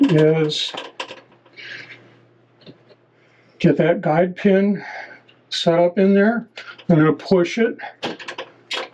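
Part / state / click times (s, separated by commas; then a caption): folding door guide pin into top track slider / seated / 8.4 s. The flanged guide pin of a folding closet door is pushed up into the slider in the top track while someone talks. A click at 8.4 s marks the pin seating into the slider, confirming it is in place.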